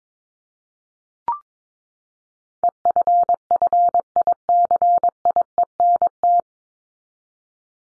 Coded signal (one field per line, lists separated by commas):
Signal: Morse code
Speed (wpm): 22 wpm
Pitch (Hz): 700 Hz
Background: none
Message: EFFICIENT